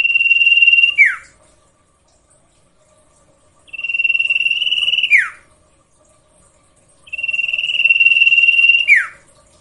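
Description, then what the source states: Sirtu song: a steady, rapidly pulsed high trill held one to two seconds, ending in a quick downward sweep, repeated roughly every three and a half seconds. Masteran recording made for training cage birds, presenting the full variety of the song.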